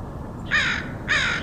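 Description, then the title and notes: Crow giving two rasping caws in quick succession over a faint low hum. Recorded in Portland, Oregon, in August 2003. "Crows of Portland. Crows recorded by Dan Bodah in Portland, OR, August 2003"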